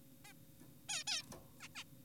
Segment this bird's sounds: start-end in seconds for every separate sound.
0.25-0.33, 0.89-1.04, 1.07-1.22, 1.60-1.68, 1.76-1.84